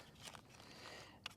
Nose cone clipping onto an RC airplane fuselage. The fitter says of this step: Just a little clip, snaps back into place.